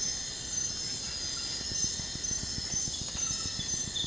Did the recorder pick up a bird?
no